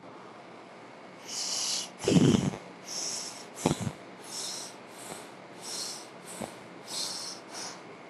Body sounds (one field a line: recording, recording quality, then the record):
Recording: shallow breathing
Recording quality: moderate, slight background noise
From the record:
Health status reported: healthy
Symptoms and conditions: none ticked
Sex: male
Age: 40 years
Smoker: not ticked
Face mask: not worn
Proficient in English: yes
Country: India